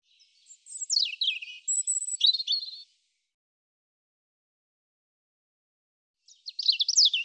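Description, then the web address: European robin song: a wavering, high-pitched phrase of liquid slides and fine trills, followed after a quiet gap by the start of another. "cianscape birddata Deverinetal 2025 Bird Er Ru"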